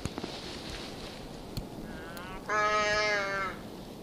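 Muskox calf bleating: one harmonic, slightly wavering bleat lasting about a second, preceded by faint clicks and soft background noise.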